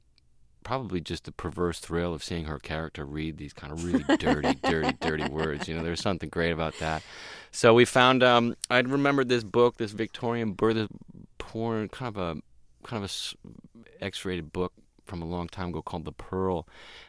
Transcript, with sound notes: probably just the perverse thrill of seeing her character read these kind of really dirty, dirty, dirty words.
(LAUGHTER)
You know, there's something great about that. So we found, I remember this book, this Victorian, porn, kind of an X-rated book from a long time ago called "The Pearl."